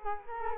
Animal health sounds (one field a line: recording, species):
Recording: mosquito wingbeat signal from an infrared sensor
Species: Culex quinquefasciatus